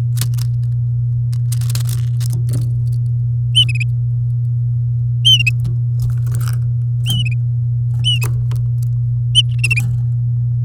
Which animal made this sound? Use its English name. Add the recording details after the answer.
Domestic Canary. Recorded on 8 May 2018 at 08:11. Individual llb16